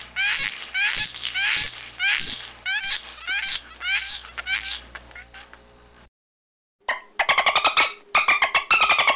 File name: Amazon river dolphin